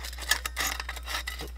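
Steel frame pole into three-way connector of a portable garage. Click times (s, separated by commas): 0.3 s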